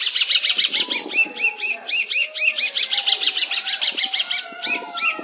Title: Cendet Pentet